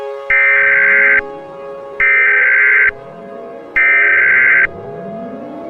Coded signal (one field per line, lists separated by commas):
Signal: Emergency Alert System (SAME) tones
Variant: header bursts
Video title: "The 2nd U.S. Civil War" - An EAS Scenario (#12) (Inspired by @YP_Studio-z7v)